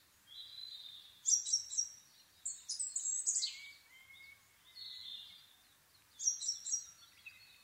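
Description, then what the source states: Asian brown flycatcher song: high, scratchy twittering phrases repeated every few seconds, mixed with thin whistled notes, against quiet background. Nikko, Japan, 26 April 2011 at 4:39, 730 m altitude; recorded on a Sony PCM-D50 with Panasonic WM-61A microphone.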